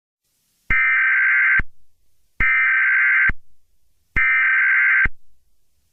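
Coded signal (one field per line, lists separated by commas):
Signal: Emergency Alert System (SAME) tones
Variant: header bursts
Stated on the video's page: Joke EAS scenario, simulated but using valid EAS tones.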